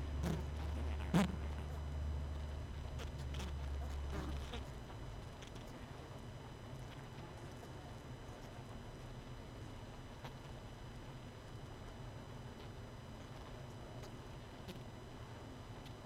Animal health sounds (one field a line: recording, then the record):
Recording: honeybee colony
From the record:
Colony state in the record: missing queen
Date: 31 May 2018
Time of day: 19:23